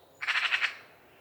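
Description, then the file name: Eurasian magpie with a short harsh chatter, around six rasping pulses delivered quickly and then fading out, against a quiet background. "Pica pica"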